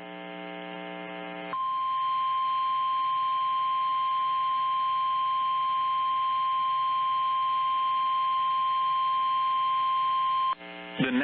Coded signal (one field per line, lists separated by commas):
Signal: Emergency Alert System (SAME) tones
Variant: 853 and 960 Hz attention tone